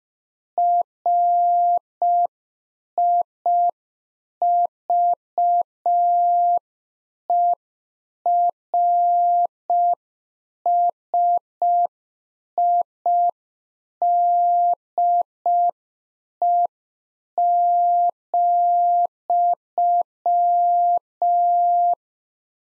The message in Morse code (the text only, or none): RIVERSIDE,